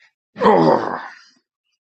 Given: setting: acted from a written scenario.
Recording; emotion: vocal sound without words; pain